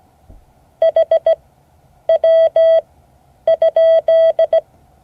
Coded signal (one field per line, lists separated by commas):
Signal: Morse code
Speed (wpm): 16 wpm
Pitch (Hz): 650 Hz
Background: none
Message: HW ?